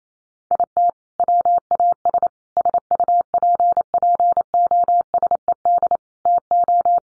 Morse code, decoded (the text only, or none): IT WAS SUPPOSED TO